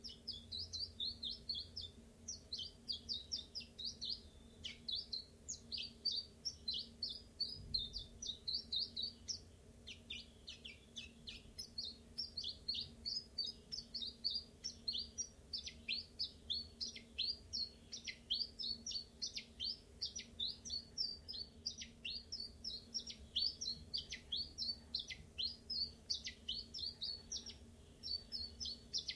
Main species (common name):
Common Chiffchaff